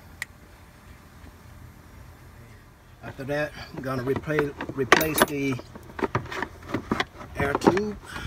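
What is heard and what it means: A plastic safety pin (connector position assurance pin) is pushed back into the harness connector on a Ram 1500 during a stall-issue repair, and it snaps home with a single sharp click at 0.2 s, seating it. After a quiet stretch, someone talks from about 3 s to the end.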